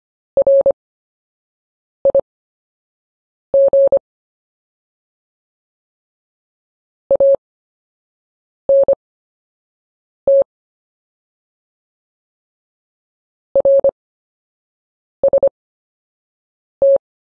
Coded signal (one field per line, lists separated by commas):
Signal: Morse code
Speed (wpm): 25 wpm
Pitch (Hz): 550 Hz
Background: none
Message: RIG ANT RST